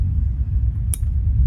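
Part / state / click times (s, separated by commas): cable quick-connect plug into mating battery lead connector / seated / 0.9 s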